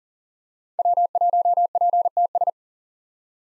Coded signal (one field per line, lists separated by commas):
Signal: Morse code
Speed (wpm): 40 wpm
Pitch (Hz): 700 Hz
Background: none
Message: W1PTS